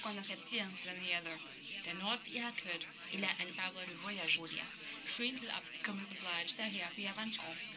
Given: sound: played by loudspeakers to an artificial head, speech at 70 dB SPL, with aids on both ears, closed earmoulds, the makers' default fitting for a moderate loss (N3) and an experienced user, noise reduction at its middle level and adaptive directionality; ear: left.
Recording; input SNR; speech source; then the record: speech test signal (ISTS) in cocktail-party noise; +9 dB; in front (0 degrees)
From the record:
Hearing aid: class 1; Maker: D